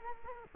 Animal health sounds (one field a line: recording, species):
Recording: mosquito wingbeat signal from an infrared sensor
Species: Culex quinquefasciatus